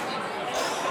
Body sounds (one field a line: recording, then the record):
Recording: coughing mixed with background sound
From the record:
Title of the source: Spring Cold Coughing 2